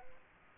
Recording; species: mosquito wingbeat signal from an infrared sensor; Aedes aegypti